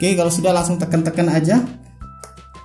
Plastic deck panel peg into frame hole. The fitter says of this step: kayak bunyi klik. Nah, seperti itu berarti tandanya masuk.